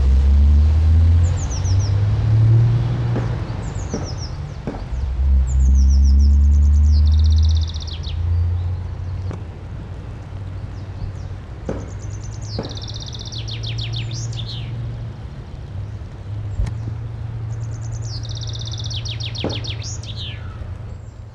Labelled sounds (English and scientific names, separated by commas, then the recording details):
Common Chaffinch (Fringilla coelebs) song
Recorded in the wild
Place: Garmisch-Partenkirchen, Bayern, DE
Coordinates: 47.4808, 11.0461
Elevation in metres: 736
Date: 1980-04-01
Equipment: Uher 4000, Sennheiser MKH 415 T
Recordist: Tretzel, Erwin